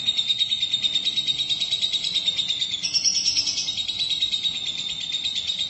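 Lovebird song, an unbroken buzzy chattering trill with a thin high whistle line running through it and a brief shriller burst midway.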